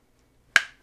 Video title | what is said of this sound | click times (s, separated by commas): Odenwolf W1,W2 & W3 knives ! Fixed full-tang knife with robust D2 steel blade ! | snaps right in place not going to fall out | 0.6 s